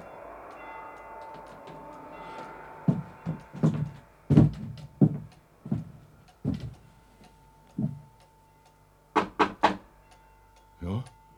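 Someone knocks on a door in an uneven series of solid, hollow raps, some clustered in quick pairs, with pauses between, over a faint steady hum.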